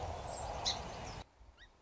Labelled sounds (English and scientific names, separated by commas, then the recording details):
Song Sparrow (Melospiza melodia)
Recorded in Sonoma County, California